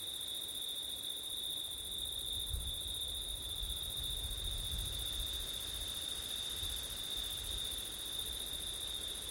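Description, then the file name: Crickets trill steadily on one high pitch while low wind rumbles in gusts beneath, strongest around the middle. Crickets recorded on a September night with wind. "crickets wind september night ortif"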